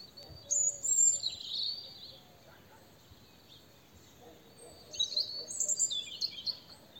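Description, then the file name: European robin delivering two high, sweet, twittering phrases with sharp glides and fast trills, separated by a pause of about three seconds. "Erithacus rubecula"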